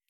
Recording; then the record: hydrophone in a shrimp aquaculture tank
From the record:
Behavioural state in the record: feeding